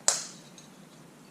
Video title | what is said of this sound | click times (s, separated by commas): Tech Tip of the Week!! Center Caps & Lug Covers | so you hear them snap | 0.1 s